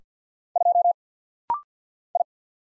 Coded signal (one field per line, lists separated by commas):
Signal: Morse code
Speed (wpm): 50 wpm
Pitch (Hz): 700 Hz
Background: none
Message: 2 I